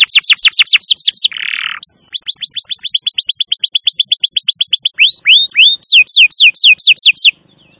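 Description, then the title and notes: Canary song of rapid falling whistled sweeps repeated several times a second, broken by a short buzzy burst, loud and clear with no other sounds. Long, highly active canary song used as a master recording for luring wild canaries. "Pikat Kenari GACOR PANJANG INI Cocok Untuk Masteran KENARI LIAR. Masteran burung kenari gacor parah"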